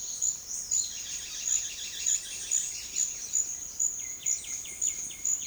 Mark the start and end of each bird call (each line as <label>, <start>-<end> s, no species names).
bird call, 0.40-3.46 s
bird call, 3.88-5.46 s